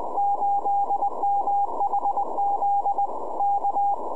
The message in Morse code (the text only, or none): 8MHZ K